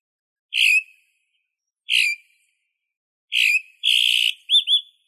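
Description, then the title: Bird calls: clear downslurred whistles repeated about every 1.4 seconds, then a harsh buzzy note and two quick looping whistles, with silence between notes. "LuckyPassaros CompletosSama"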